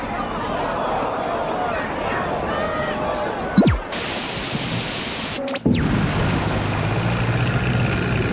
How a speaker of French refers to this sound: Clapotis tranquille des vagues, un bruit de moteur se distingue et se fait de plus en plus proche. C'est un canot gonflable qui accoste discrètement.